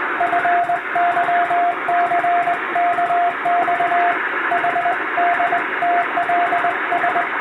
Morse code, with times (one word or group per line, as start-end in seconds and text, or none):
0.2-4.1 FYCKX
4.5-7.2 HDTLS